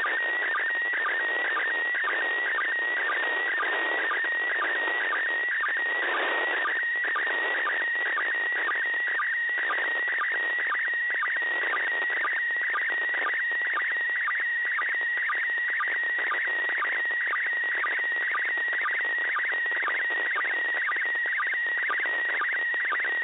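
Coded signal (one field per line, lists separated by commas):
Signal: SSTV (slow-scan television)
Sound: warbling high tone with rapid regular ticking dips, under steady hiss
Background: radio static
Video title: ISS SSTV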